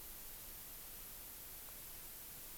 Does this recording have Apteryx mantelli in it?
no